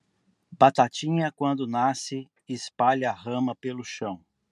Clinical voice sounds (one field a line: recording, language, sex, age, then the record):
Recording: short text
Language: Brazilian Portuguese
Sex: male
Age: 40 to 49 years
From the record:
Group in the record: control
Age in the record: 48 years